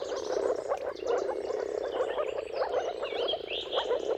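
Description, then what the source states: Moor frogs in a mating chorus, a dense mass of soft, low bubbling notes overlapping continuously, with high bird whistles and twitters above. Moor frog mating chorus at sunrise, at the turn of March and April, with timing depending on the weather.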